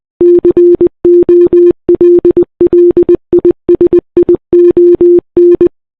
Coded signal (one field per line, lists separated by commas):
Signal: Morse code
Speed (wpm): 20 wpm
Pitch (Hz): 350 Hz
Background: none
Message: COLLISION